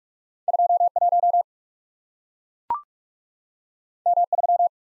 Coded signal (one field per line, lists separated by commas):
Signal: Morse code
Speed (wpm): 44 wpm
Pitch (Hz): 700 Hz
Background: none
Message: 21 M3